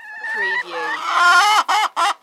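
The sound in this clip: Chicken squawking, a drawn-out harmonic cackle that rises into loud, harsh bursts, ending in two short sharp squawks.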